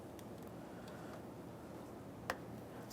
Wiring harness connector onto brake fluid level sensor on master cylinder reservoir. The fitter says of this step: heard a nice click we'll give it a tug make sure it's secured